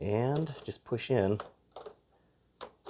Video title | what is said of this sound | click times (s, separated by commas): Lego Titanic 10294 Review! | and then that locks in place and there you got it | 1.8 s, 2.6 s